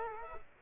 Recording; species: mosquito wingbeat signal from an infrared sensor; Culex quinquefasciatus